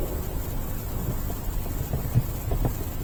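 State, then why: Not seated. A plastic pollen filter cover bracket is being handled into the cabin filter housing of a Seat Leon, angled in at the bottom before being pushed up at the top. Low rumbling handling noise and soft scrapes fill the clip, with a few faint knocks around 2.2 and 2.7 seconds. Nothing has seated or clicked yet.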